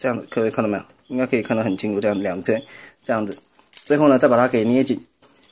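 Someone talks while the plastic tire halves on the two legs of a Transformers Combiner Wars Deluxe Protectobot Groove toy are aligned peg-to-hole and pinched together, with the pegs of one wheel going into the opposite wheel's recess. Only faint handling sounds are heard under the talking. Nothing has seated or clicked yet.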